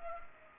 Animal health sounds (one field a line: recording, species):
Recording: mosquito wingbeat signal from an infrared sensor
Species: Culex pipiens